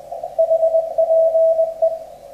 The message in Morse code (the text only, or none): HPE